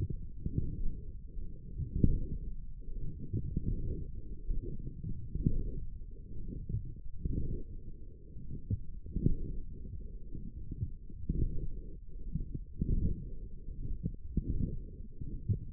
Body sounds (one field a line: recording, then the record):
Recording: forearm muscle sounds (acoustic myography)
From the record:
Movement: forearm pronation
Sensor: system 1, eight BSWA MPA416 microphones around the upper forearm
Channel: 2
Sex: male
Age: 21 years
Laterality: right